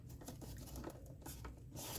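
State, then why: Not seated. A plastic display bezel is handled and eased back toward its place in a portable computer (cyberdeck) enclosure, with soft rubbing and light tapping as it is pressed around its edges. Nothing has snapped or seated yet by the end of the clip.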